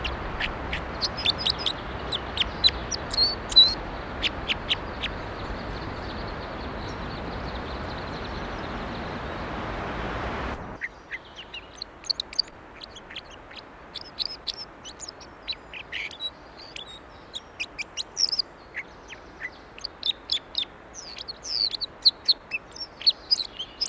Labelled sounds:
Red Crossbill song

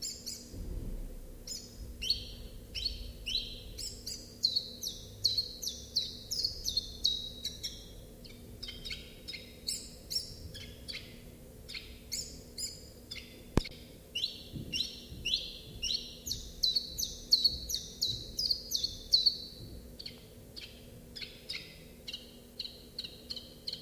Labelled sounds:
Common Chiffchaff song

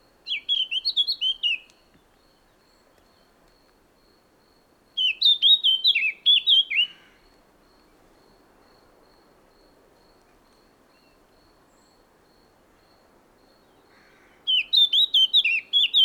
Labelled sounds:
Eurasian Blackcap song

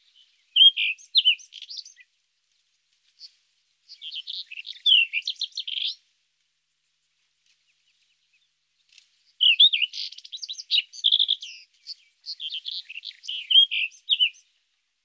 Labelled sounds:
Rufous-tailed Scrub Robin song

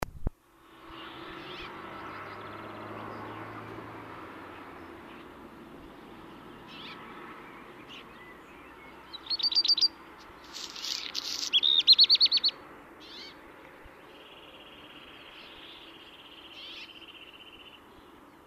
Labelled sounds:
Black Redstart song

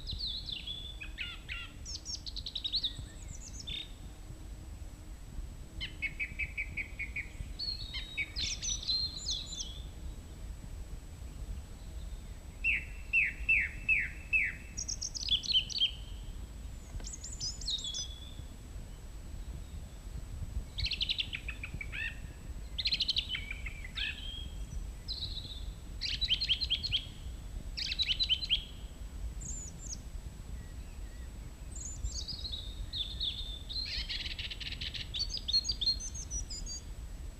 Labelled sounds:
Song Thrush song

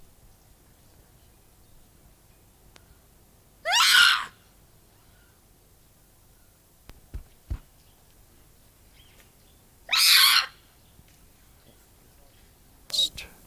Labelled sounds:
Stump-tailed Macaque

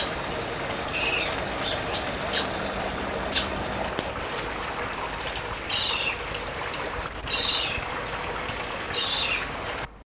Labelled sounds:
African Sacred Ibis call

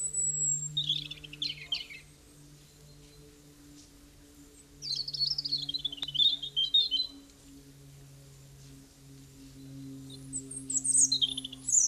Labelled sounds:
European Robin song

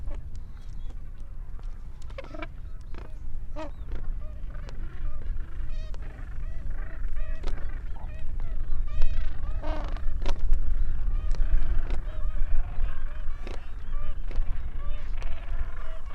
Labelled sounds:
Gentoo Penguin call

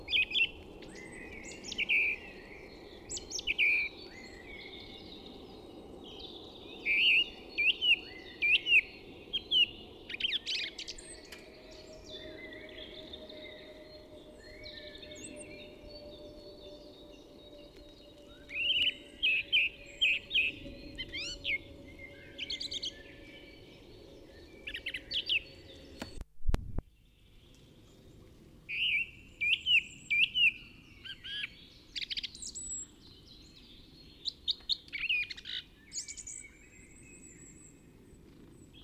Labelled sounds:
Song Thrush song

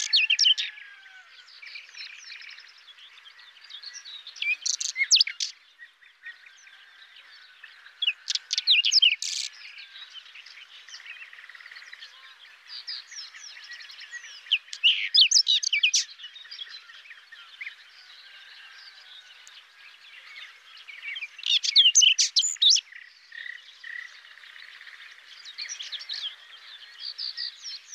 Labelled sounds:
Whinchat song

